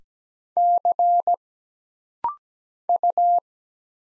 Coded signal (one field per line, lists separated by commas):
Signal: Morse code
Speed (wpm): 17 wpm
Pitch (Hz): 700 Hz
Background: none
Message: C U